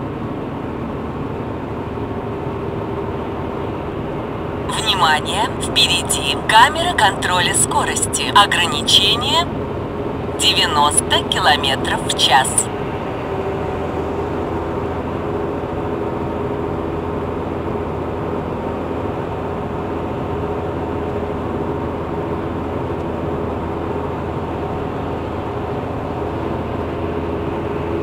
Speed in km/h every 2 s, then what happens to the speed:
84, 84, 84, 85, 86, 88, 88, 87, 88, 88, 88, 88, 88, 89.
0-28 steady at about 88.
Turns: none.